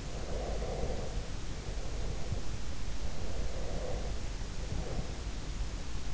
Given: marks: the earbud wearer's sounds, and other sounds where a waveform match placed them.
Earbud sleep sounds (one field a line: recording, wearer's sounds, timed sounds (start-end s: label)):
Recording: sounds in sleep by an in-ear microphone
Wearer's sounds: breath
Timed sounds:
0.09-2.63 s: breath
3.21-5.62 s: breath